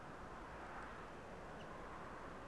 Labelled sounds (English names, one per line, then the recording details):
Common Chaffinch
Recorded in Germany
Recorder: ecoPi